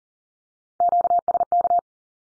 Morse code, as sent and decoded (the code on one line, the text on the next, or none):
--.- ... -.-
QSK